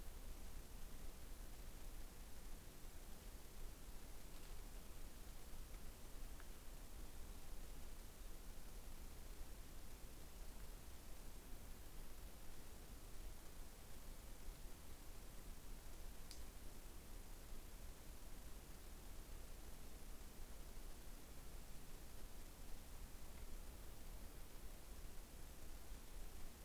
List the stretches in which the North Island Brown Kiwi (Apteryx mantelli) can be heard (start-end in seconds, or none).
none